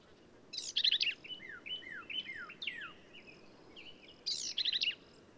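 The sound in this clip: Black-capped vireo singing: a gritty, chattering burst, a sequence of sliding whistles that drop in pitch, then another gritty burst.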